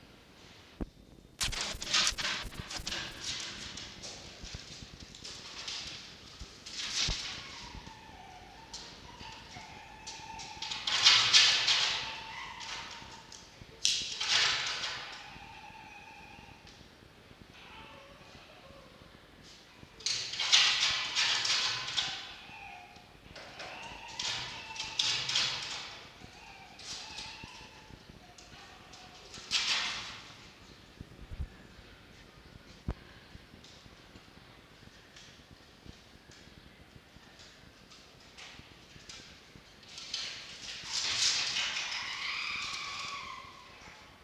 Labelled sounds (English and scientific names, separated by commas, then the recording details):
Red Fox (Vulpes vulpes)
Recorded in captivity
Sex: male
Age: adult
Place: Zoologisches Institut der HUB, Berlin, DE
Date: 1952-11-20 12:58
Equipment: Elmetra
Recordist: Tembrock, Günter
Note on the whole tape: Castors Rückkehr ins Fuchszimmer. Castor (20): Winseln und dunkles Keckern, Winseln mit Knuffen, Knätschen